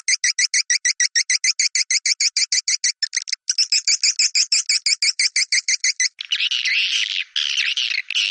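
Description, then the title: Swiftlet twittering: a fast, steady train of clicking chirps, followed by a longer, harsher buzzing chatter near the end. "Suara Burung Wallet"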